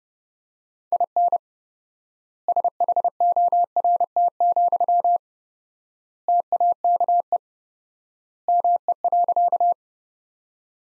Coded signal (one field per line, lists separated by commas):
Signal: Morse code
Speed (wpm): 32 wpm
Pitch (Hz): 700 Hz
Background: none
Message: IN SHORT, TAKE ME.